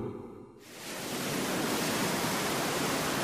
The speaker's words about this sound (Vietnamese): Hôm ấy trời thật bình yên và trong trèo, sóng ảo ạt tràn vào bờ cát trắng phẳng lì. Làn gió biển mát lạnh phả vào mặt hai người phụ nữ mái tóc đã nhuốm màu hoa sâm, lan tỏa tiếng cười của họ hòa cùng với tiếng sóng biển.